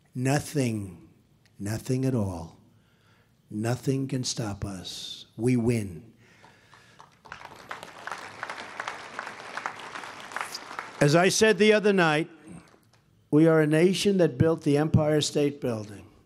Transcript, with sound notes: nothing—nothing at all—nothing can stop us. We win. (Applause.) As I said the other night, we are a nation that built the Empire State Building